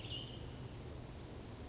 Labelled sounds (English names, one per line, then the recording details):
Western Flycatcher
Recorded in Sonoma County, California